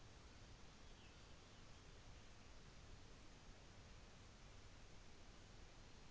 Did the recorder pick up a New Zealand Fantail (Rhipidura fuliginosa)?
no